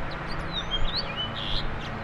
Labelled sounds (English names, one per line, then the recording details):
House Finch song
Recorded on Long Island, New York, on 21 April 2011
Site PW
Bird B